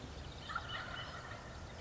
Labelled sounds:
Wild Turkey (Meleagris gallopavo)
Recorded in Sonoma County, California

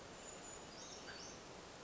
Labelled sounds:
Brown Creeper (Certhia americana)
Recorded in Sonoma County, California

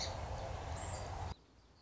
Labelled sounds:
Song Sparrow (Melospiza melodia)
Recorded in Sonoma County, California

